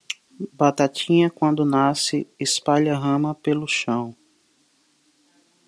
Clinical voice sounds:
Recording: short text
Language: Brazilian Portuguese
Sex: male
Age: 40 to 49 years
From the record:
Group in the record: control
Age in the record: 41 years

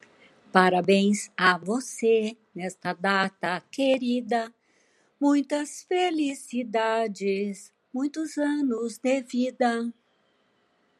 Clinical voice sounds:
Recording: short text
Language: Brazilian Portuguese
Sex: female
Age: 70 to 79 years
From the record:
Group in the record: control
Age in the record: 75 years

